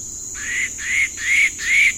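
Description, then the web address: White-throated woodpecker calling with a series of four rising, slightly slurred notes, about two per second, over a steady high insect hum. South America, eastern lowlands. "Natures Songs S America Eastern Lowlands. White-throated Woodpecker"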